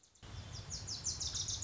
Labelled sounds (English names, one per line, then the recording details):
Wilson's Warbler
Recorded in Sonoma County, California